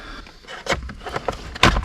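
After the two Torx T20 screws are removed from a Renault Clio 3 steering column, the plastic clips holding the stalk switch assembly and column trim are pried loose. A few short plastic rattles and handling noises come first, then a sharp snap at 1.6 s as the clips release.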